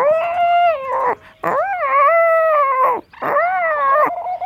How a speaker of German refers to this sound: Jetzt gerade, da ich dies schreibe, fängt dieser Vogel wieder an, der mich zum Wahnsinn treibt. Er ruft.